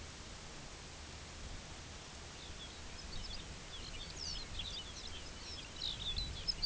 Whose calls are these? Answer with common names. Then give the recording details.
Lapland Longspur. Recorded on Arctic tundra, site UTQI-2, on 17 June 2019. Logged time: 14:00